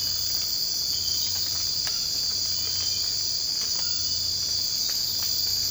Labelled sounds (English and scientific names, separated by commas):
none